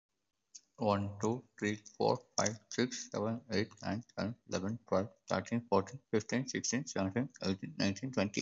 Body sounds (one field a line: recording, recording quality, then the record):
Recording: counting at a normal pace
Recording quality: excellent, no background noise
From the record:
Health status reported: COVID-19 positive, no symptoms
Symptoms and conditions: none ticked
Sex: male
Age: 24 years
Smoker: not ticked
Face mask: not worn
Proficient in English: no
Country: India